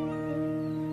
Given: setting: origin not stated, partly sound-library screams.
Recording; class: one-second piece from a danger detection set; normal situation